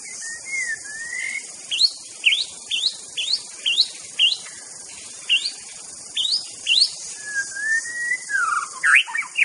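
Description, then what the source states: White-rumped shama: short whistles, then a series of sharp rising chips about twice a second, ending in a long sliding whistle and quick varied notes, over steady hiss. Wild bird in forest; natural, original song (Indonesian name murai batu).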